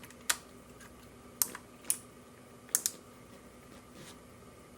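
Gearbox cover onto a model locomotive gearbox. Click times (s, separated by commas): 0.3 s, 1.4 s, 1.9 s, 2.8 s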